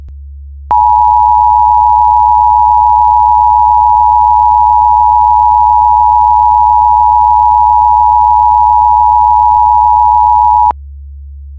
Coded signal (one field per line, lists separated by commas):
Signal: Emergency Alert System (SAME) tones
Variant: 853 and 960 Hz attention tone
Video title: Mayat Hidup | Zombie Apocalypse EAS Scenario